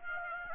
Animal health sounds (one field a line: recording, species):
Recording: mosquito wingbeat signal from an infrared sensor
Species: Aedes aegypti